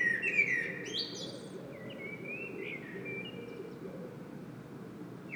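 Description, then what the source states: Common blackbird singing a rich whistled phrase with a scratchy high flourish, followed by softer fluty notes, against a constant low background rumble. Singing bird in Saint-Gilles, Belgium; recorded with a Sony PCM-M10 internal microphone.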